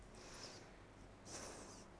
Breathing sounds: one breath in and out by a microphone near the nose and mouth; deep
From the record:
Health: marked as sick, illness not named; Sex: female

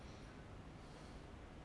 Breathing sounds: one breath in and out by a microphone near the nose and mouth; normal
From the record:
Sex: male

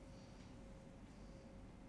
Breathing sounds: one breath in and out by a microphone near the nose and mouth; normal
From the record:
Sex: male

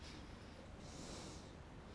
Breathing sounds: one breath in and out by a microphone near the nose and mouth; normal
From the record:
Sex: male

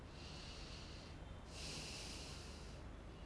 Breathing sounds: one breath in and out by a microphone near the nose and mouth; deep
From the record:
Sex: male

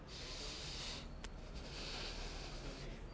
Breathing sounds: one breath in and out by a microphone near the nose and mouth; deep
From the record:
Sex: male

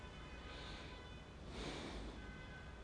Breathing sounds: one breath in and out by a microphone near the nose and mouth; normal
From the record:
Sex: male

